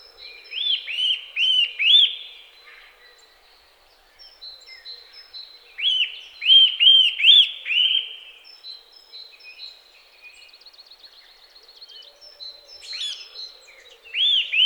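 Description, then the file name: Eurasian nuthatch calling in bursts of loud arched notes, three or four at a time, separated by quieter twittering. "Sitta europaea"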